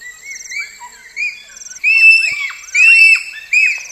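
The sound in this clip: Bonobo calls: several loud bursts of shrill arched squeals, each sliding up then down.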